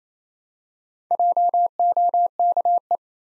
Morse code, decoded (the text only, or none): JOKE